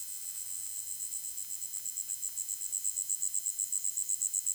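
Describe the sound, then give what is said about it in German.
Cicadas chirp in a shrill, high-pitched drone that pulses in a steady, rapid rhythm, growing slightly stronger toward the end, with no voices over it. “Die Zikaden zirpen.”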